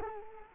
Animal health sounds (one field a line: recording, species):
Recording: mosquito wingbeat signal from an infrared sensor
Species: Culex quinquefasciatus